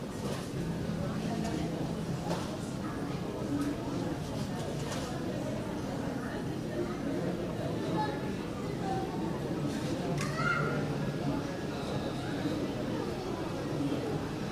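Passengers and shops in an airport terminal as it opens: a steady, dense murmur of overlapping voices runs throughout with no pauses. Short clinks and knocks come and go, with a brighter clatter and a squeak around ten seconds.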